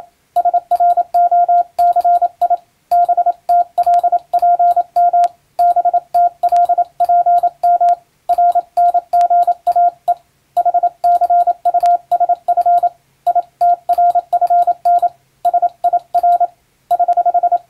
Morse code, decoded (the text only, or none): SROCI BTLPM BTLPM RNGAE HCUSF ITRFN SIR <HH>